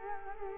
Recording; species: mosquito wingbeat signal from an infrared sensor; Culex quinquefasciatus